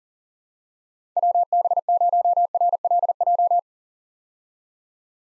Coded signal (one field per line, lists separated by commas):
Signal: Morse code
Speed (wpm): 37 wpm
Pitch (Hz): 700 Hz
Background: none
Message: WB0RLJ